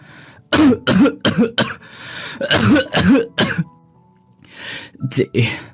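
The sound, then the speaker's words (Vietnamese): In a pitch-dark, dilapidated house, a run of harsh, raspy coughs comes in quick bursts, pauses briefly, then gives way to soft, breathy whispering. “Có tiếng ho khủ khủ vang lên, rồi tiếng thì thào.”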